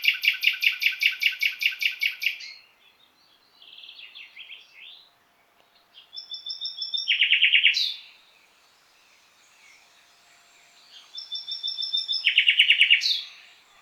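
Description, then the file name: Common nightingale song: a loud rhythmic trill of repeated notes, softer chatter, then two phrases of whistles leading into rapid buzzy trills. "Luscinia megarhynchos"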